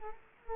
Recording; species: mosquito wingbeat signal from an infrared sensor; Culex quinquefasciatus